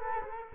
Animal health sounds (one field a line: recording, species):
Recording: mosquito wingbeat signal from an infrared sensor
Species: Culex quinquefasciatus